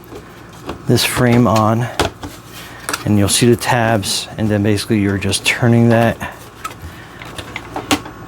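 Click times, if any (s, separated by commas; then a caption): 7.9 s. A plastic base frame is twisted onto the body of a VEVOR tower fan until its tabs lock. Someone talks while small plastic knocks and scrapes build toward the end. The base frame clicks into place with a sharp snap at 7.9 s.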